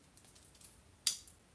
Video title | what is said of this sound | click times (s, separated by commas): Joey Paster is live! Tsar Bomba Richard Mille ￼homage custom unboxing! | this yeah that one snapped in maybe you do have to do it with the face plate off | 1.1 s